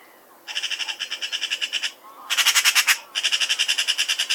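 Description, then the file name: Eurasian magpie's harsh rattling chatter, three quick bursts of grating clicks in close succession, the middle one louder and harsher. Recorded 16 August 1999. "Pica pica"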